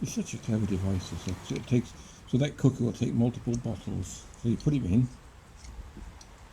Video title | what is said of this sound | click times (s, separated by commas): Trail tucker challenge | and that locks into place yeah | 6.2 s